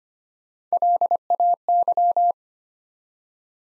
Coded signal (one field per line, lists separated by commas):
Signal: Morse code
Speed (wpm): 25 wpm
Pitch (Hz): 700 Hz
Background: none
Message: LAY